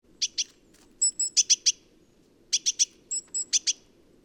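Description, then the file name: Great tit calls: two bursts of short, sharp high chips mixed with thin whistled notes, over a soft low hum. "Parus major"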